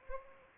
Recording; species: mosquito wingbeat signal from an infrared sensor; Anopheles arabiensis